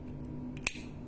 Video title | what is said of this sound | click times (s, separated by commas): Review Reel Golden Fish Nice UL 155G. Reel mini dan unik untuk mancing Udang galah | Nah langsung terkunci dia. Jadi ini langsung terkunci ya. Nah ini nggak bisa cabut lagi nih, | 0.7 s